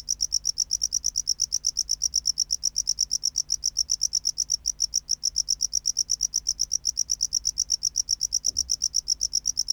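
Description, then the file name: Tropical house cricket song as a long, even run of sharp, rapid high chirps, with one faint low knock late on. "Bio Acoustica Gryllodes sigillatus"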